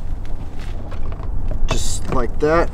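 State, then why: Not seated. A plastic trailer tow hitch cover for a Jeep Grand Cherokee SRT is held and lined up with the four existing holes in the rear bumper fascia before being pushed in. Faint handling ticks and taps sit over a steady low rumble while someone talks. Nothing has seated or clicked yet.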